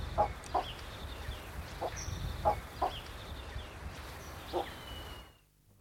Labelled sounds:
Northern Black Korhaan call
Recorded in captivity
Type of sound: call
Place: Zoo Berlin, Berlin, DE
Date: 1974-02-15
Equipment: Halbspur, 9,5 cm/s
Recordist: Lütgens, Hans
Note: Rufe

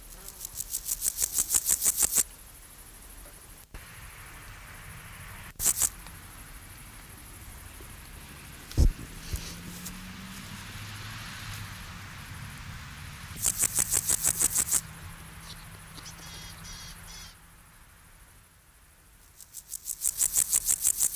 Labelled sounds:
Water-meadow Grasshopper stridulation
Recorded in the wild
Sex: male
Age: imago
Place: Lienen, Nordrhein-Westfalen, DE
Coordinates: 52.1422, 7.92583
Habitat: meadow
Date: 1991-09-12 18:01
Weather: sunny, ca. 18°C
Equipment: Marantz CP 430, Kopie Tesla B 116
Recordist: Tembrock, Günter

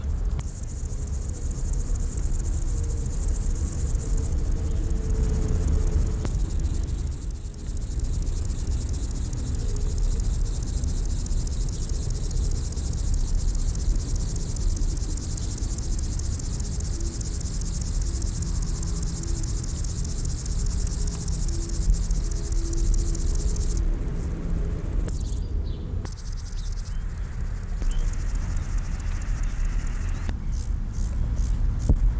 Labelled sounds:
Upland Field Grasshopper stridulation
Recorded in the wild
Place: Blankenfelde, Berlin, DE
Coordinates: 52.625, 13.404
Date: 1992-08-09
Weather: sonnig, 26-29°C
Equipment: Marantz CP 430, Sennheiser ME 80, Kopie Tesla B 116
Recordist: Tembrock, Günter

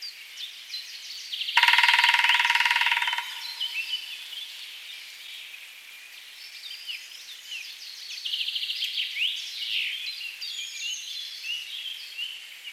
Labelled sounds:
Grey-headed Woodpecker song
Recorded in the wild
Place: Waltershofen / Freiburg im Breisgau, Baden-Württemberg, DE
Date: 2003-04-29
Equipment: MiniDisc Sharp MT 20 H, Sennheiser MKH 816
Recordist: Schwarz, Dieter

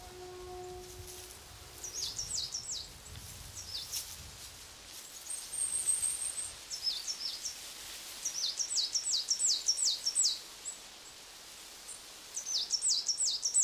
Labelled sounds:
Great Tit
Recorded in the wild
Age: adult
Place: Ückeritz, Insel Usedom, Mecklenburg-Vorpommern, DE
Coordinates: 54.0117, 14.0658
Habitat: mixed forest
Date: 1983-09-21 14:39
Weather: sunny, 16°C, gusty winds
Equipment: Nagra SN, Sennheiser MKH 416 T, Kopie Uher 4000 Report Monitor
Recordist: Tembrock, Günter

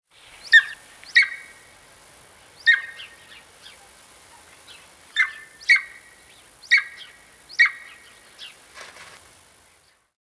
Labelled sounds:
Golden Eagle
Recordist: Tembrock, Günter
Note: Rufreihe

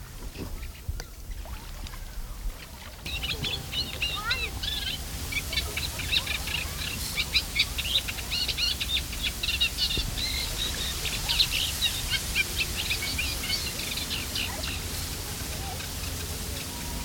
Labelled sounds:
Eurasian Reed Warbler
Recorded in the wild
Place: Seddiner See, Brandenburg, DE
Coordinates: 52.27, 13.01
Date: 1995-07-23 13:35
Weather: heiter, böiger Wind, 18°C
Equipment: Sony WM-D6C, Sennheiser ME 80, Kopie Uher 4000 Report Monitor
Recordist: Tembrock, Günter

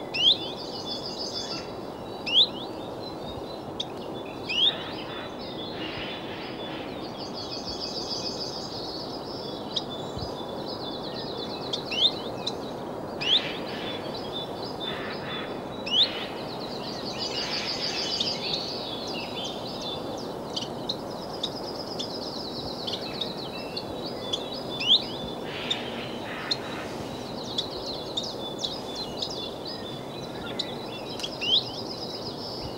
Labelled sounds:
Common Chiffchaff song
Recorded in the wild
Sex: male
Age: adult
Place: Villach, Kärnten, AT
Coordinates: 46.59, 13.825
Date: 1971-04-20
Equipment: Uher 4100 Report-V, Sennheiser MKH 804
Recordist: Brunner, Thomas
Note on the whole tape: Auf der Napoleonwiese in Villach aufgenommen

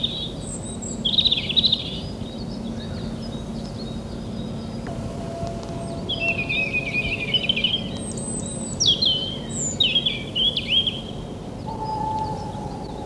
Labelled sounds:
European Robin song
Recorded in the wild
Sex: male
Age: adult
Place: Villach, Kärnten, AT
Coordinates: 46.59, 13.825
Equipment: Uher 4100 Report-V, Sennheiser MKH 804
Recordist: Brunner, Thomas

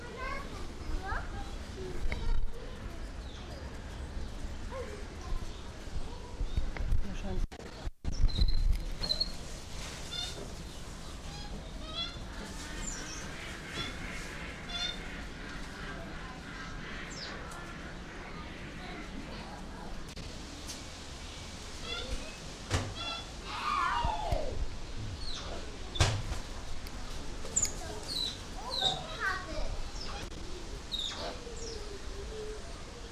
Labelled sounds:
Weeper Capuchin call
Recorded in captivity
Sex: group
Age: adult
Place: Zoo Berlin, Berlin, DE
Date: 1997-09-14 13:40
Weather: heiter - wolkig, ca. 23°C
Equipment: Sony MD-WM MZ-R3, Sennheiser ME 80, Kopie Uher 4000 Report Monitor
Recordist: Tembrock, Günter

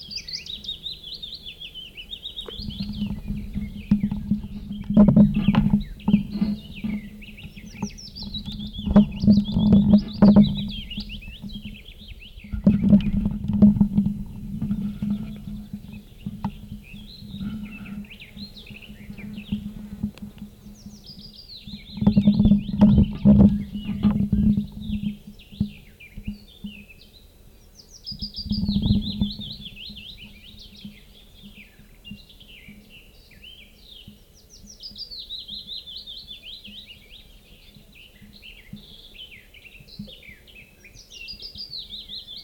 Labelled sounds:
Willow Warbler song
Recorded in the wild
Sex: male
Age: adult
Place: Thumsee, Bayern, DE
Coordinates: 47.7167, 12.8167
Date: 1964-06-03
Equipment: LGS26
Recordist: Faber, A. and Stumbrat

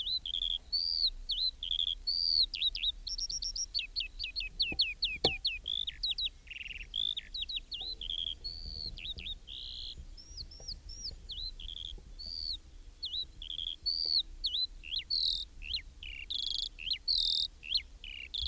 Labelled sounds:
Eurasian Skylark song
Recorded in the wild
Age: adult
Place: Schloß Holte-Stukenbrock, Senne, Nordrhein-Westfalen, DE
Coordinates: 51.8614, 8.65667
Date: 1968-06-16
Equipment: Uher 4000 Report-S, Bändchenmikro Beyer M 260, Parabolspiegel Polyester (470 mm)
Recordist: Conrads, Klaus
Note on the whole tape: Wahrscheinlich nahe der Gärtnerei (Furlbach-Gebiet). Gesang mit Ortolan-Imitation

